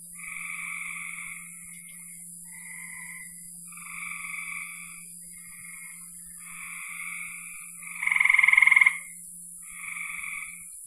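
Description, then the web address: Frog calling a series of trilled calls, a loud rattling one near the end, over a low steady hum and a high hiss. "cn frogs"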